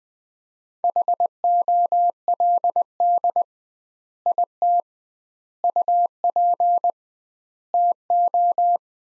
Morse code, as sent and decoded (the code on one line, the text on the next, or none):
.... --- .-.. -.. / .. - / ..- .--. / - ---
HOLD IT UP TO